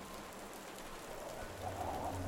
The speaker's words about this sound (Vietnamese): Nó càng gầm gừ thì mưa càng đổ xuống ào ào.